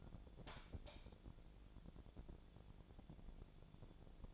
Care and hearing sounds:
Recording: daily activity, microphone in the room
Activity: light on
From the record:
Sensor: 5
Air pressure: 1000.2 hPa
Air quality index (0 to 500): 102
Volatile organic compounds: 1 ppm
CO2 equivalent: 826 ppm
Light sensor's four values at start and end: 182/431/184/202 and 182/433/185/203

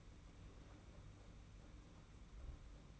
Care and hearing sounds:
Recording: daily activity, microphone in the room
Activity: open fridge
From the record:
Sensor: 1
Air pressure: 991.8 hPa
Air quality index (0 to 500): 205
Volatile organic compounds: 1000 ppm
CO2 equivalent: 7929 ppm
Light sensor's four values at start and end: 28/99/38/38 and 28/99/38/38

